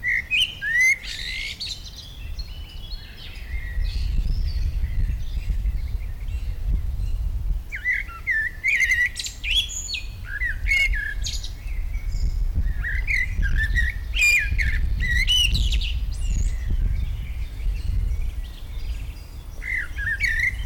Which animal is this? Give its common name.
Common Blackbird